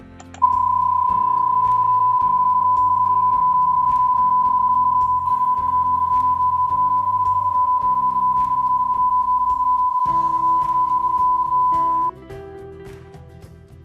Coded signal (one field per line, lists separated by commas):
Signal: PSK31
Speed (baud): 31.25 baud